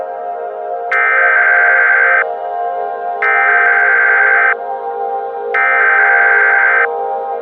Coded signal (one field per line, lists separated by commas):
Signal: Emergency Alert System (SAME) tones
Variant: header bursts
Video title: EAS Scenario/Analog & Digital Horror - Cordis Die